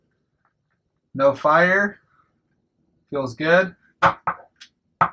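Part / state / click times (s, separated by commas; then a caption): safety lever into its detent on a semi-auto rifle receiver / seated / 5.0 s. After reassembly and polishing of the detent grooves, the metal safety lever on a Sears Model 25 semi-auto rifle receiver is flicked between safe and fire while someone talks. Short sharp clicks follow at about 4.0 and 4.3 s, and the safety clicks firmly into its detent at 5.0 s, a clear, obvious click.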